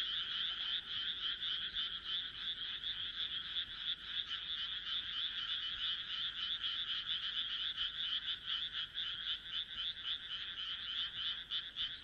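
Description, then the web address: Many frogs croaking together, quick rattling pulses packed so tightly they form a constant, even chorus. "kaeru kaeru"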